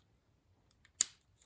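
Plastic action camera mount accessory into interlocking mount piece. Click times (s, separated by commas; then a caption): 1.0 s. A plastic action-camera mount accessory is pushed onto its interlocking mount piece. After a few faint ticks at 0.7 and 0.9 seconds, a single sharp, loud click rings out at 1.0 seconds, followed by a soft tick near 1.4 seconds. The mount is seated.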